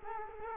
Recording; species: mosquito wingbeat signal from an infrared sensor; Culex quinquefasciatus